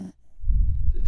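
A short breath, then a low, rough, rumbling noise lasting under a second, typical of a single snore, from a sleeping dog named Ween Dog.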